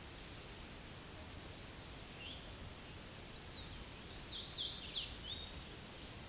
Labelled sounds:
Hooded Warbler (Setophaga citrina) song
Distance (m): 35 m
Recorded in a Pennsylvania forest on 18 May 2023 at 09:34
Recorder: AudioMoth, point grid1_34_low
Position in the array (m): 188 m, 83 m

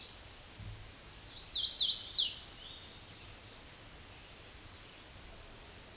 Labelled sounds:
Hooded Warbler (Setophaga citrina) song
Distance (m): 10 m
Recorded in a Pennsylvania forest on 18 May 2023 at 09:34
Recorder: AudioMoth, point grid1_30_low
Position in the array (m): 191 m, 81 m

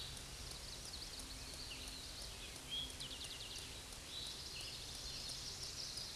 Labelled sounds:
Scarlet Tanager (Piranga olivacea) song
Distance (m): 30 m
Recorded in a Pennsylvania forest on 19 May 2023 at 09:17
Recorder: AudioMoth, point grid1_8_low
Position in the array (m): 139 m, 64 m

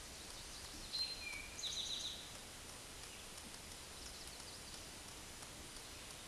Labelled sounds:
Eastern Towhee (Pipilo erythrophthalmus) song
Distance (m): 35 m
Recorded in a Pennsylvania forest on 17 May 2023 at 12:10
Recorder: AudioMoth, point grid1_24_low
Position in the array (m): 115 m, 214 m

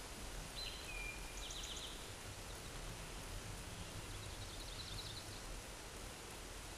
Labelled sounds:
Eastern Towhee (Pipilo erythrophthalmus) song
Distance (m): 50 m
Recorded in a Pennsylvania forest on 17 May 2023 at 13:13
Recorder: AudioMoth, point grid1_13_low
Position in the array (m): 117 m, 85 m

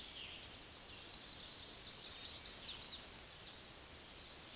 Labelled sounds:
Black-throated Green Warbler (Setophaga virens) song
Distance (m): 15 m
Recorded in a Pennsylvania forest on 20 May 2023 at 06:24
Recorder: AudioMoth, point grid1_36_low
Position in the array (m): 107 m, 153 m

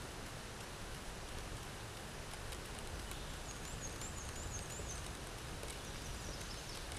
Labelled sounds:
Black-and-white Warbler (Mniotilta varia) song
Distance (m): 50 m
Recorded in a Pennsylvania forest on 17 May 2023 at 13:08
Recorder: AudioMoth, point grid1_14_low
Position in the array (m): 99 m, 103 m

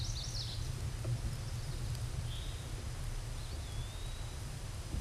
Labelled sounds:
Eastern Wood-Pewee (Contopus virens) song
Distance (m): 80 m
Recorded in a Pennsylvania forest on 17 May 2023 at 13:01
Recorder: AudioMoth, point grid1_19_low
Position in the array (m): 76 m, 124 m

